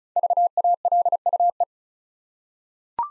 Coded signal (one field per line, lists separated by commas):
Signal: Morse code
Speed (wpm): 34 wpm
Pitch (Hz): 700 Hz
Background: none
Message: VALUE